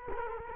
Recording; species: mosquito wingbeat signal from an infrared sensor; Culex quinquefasciatus